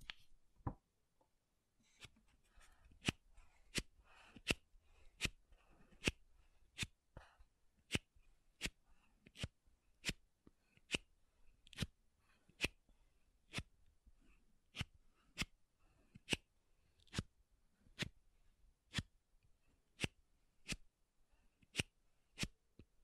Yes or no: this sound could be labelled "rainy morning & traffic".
no